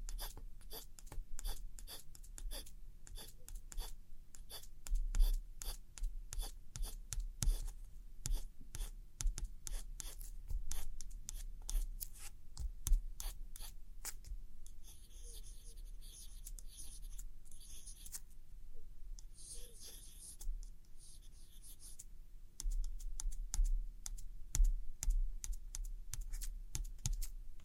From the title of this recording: Tracing And Gentle Scratchy Tapping On Old Postcards